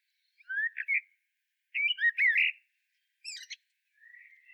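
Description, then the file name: Common blackbird singing in short mellow whistled phrases, two rich warbled bursts followed by a brief high twitter and a quiet trailing whistle. "Turdus merula"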